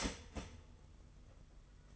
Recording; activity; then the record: daily activity, microphone in the room; start toaster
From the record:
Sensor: 4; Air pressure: 992.4 hPa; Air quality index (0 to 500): 144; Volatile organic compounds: 82 ppm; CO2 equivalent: 3621 ppm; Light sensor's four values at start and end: 18/65/23/25 and 18/65/23/25